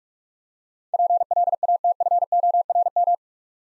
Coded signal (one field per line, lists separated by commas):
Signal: Morse code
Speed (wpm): 45 wpm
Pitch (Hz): 700 Hz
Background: none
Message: PLATFORM